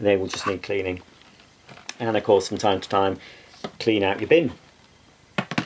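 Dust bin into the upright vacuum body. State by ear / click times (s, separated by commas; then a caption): seated / 5.4 s. Someone talks while the plastic dust bin of a Bissell Powerglide Lift Off bagless upright vacuum cleaner is refitted to the vacuum body after emptying. A sharp plastic click at 5.4 s, followed by a couple of quick smaller clicks, is heard as the bin clicks back into place, seated.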